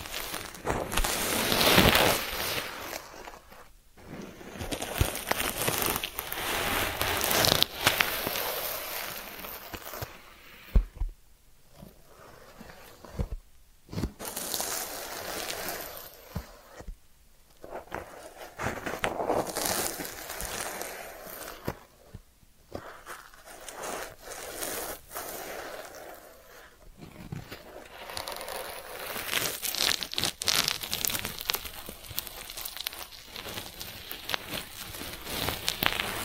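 Ear cleaning triggers: dense, crinkly scratching and crackling that rustles on in uneven bursts, bright and hissy through the top. The sound drops out briefly a few times, around 4, 11, 14 and 22 seconds, then resumes with scattered sharp clicks.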